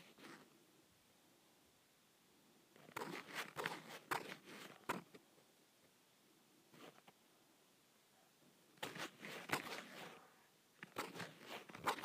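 Leather being scratched in rough bursts of dry scraping, with clusters of strokes around three to five seconds, a single stroke near seven, and denser runs after nine and again near the end. Between bursts there is only a quiet, steady hiss.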